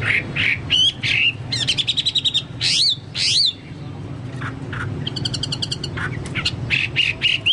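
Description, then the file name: Chinese hwamei singing loud, varied whistles with sharp upward sweeps and a rapid rattling trill, phrases separated by short pauses, low hum in the background. "hwamei-2-omkicau"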